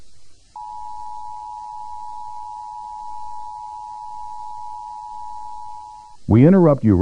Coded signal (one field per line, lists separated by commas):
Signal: Emergency Alert System (SAME) tones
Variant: 853 and 960 Hz attention tone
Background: speech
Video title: EAS Scenario | The Endless Road